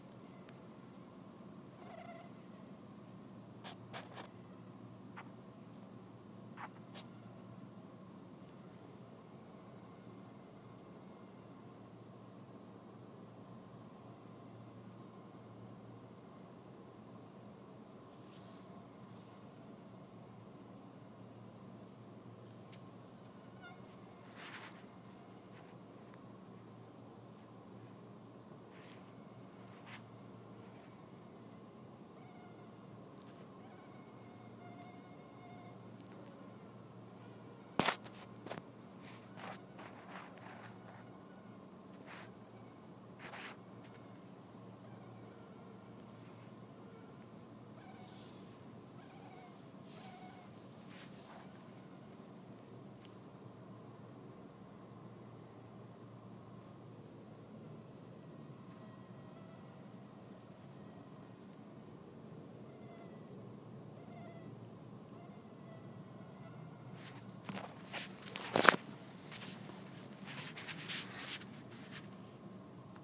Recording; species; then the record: mosquito flight sound by mobile phone; Anopheles albimanus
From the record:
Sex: male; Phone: iPhone 4S